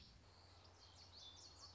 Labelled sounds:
Common Yellowthroat

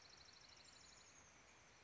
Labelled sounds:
Chestnut-backed Chickadee

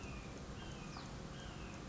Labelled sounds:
White-breasted Nuthatch

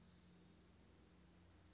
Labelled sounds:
Western Flycatcher

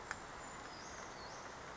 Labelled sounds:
Brown Creeper

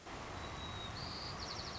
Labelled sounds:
White-crowned Sparrow

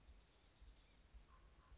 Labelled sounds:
Blue-gray Gnatcatcher

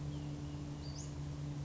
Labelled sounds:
Western Flycatcher

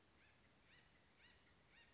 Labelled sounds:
Acorn Woodpecker

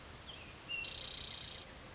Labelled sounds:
Spotted Towhee

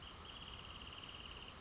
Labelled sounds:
Wrentit

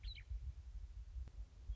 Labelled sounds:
Western Meadowlark

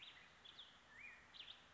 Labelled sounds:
Black-headed Grosbeak

